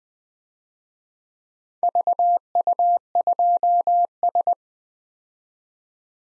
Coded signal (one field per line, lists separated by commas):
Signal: Morse code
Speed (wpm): 23 wpm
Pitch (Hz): 700 Hz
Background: none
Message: VU2S